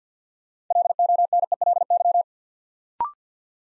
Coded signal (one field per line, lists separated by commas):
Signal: Morse code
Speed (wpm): 50 wpm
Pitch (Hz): 700 Hz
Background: none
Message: LONELY